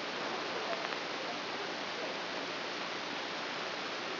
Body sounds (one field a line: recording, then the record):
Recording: brain microelectrode recording played as sound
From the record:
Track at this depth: inside the subthalamic nucleus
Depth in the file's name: 1.529 mm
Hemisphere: right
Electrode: 3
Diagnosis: Parkinson's disease